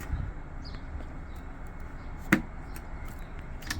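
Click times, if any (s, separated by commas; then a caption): 2.3 s. The original front light's wiring connector on a 2018+ Mustang is unplugged from the car's wiring harness against a steady low background rumble. A sharp, bright click at 2.3 s marks the connector unclipping, followed by a few faint ticks. The connector is released.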